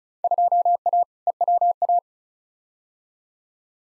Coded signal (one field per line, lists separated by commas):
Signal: Morse code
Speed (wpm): 34 wpm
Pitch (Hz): 700 Hz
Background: none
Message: 2A EWA